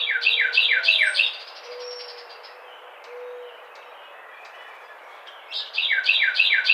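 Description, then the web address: Carolina wren song: loud rolling phrases of repeated downslurred notes, one burst at the start and another near the end, with a faint low whistle and background hiss between. Recorded 11 April 2009. "Carolina Wren 2009 04 11"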